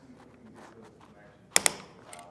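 A Yakima torque-limiting tool tightens the fastener that secures the crossbar to the tower of a Yakima TimberLine roof rack on a 2020 Nissan Pathfinder. After quiet low handling sounds, the tool gives two sharp pops at 1.6 s and 1.7 s, followed by a faint tick near 2.1 s. The pops confirm the fastener has reached its torque setting and the bar is secured to the tower.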